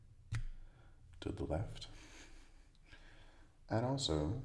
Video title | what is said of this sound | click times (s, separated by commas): Relaxing LEGO Build - Dobby Body - Calm, Cozy Narration | Joining the black pin with the beige colored pinhole with a hopefully satisfying click | 0.3 s